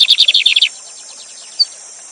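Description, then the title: Lined seedeater song fragment: a quick series of bright repeated notes lasting under a second, followed by one short high note, with constant water noise underneath. Teacher bird for song training, singing the Gavião negro song style live beside a waterfall. "Novo Canto de Bigodinho. Bigode Gavião negro professor de canto cantando ao vivo com cascata!"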